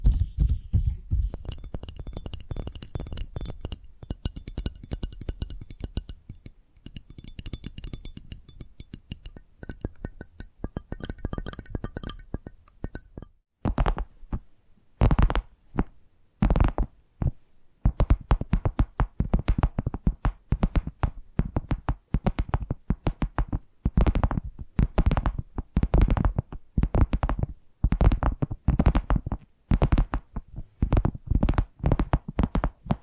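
Tapping triggers: rapid, dense clicking for thirteen seconds, then a brief pause and slower, separate sharp taps with gaps between them.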